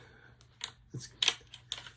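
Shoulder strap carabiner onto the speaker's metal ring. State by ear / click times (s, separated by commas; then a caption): seated / 1.2 s. A metal carabiner on the seat-belt-type fabric shoulder strap of a SODLK T90 Plus Bluetooth speaker is clipped onto one of the speaker's sturdy metal rings, which is not easy to do with one hand. Several short metallic clicks and rattles are heard, with the carabiner snapping into place at 1.2 s. The carabiner is seated on the ring.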